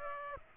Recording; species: mosquito wingbeat signal from an infrared sensor; Aedes aegypti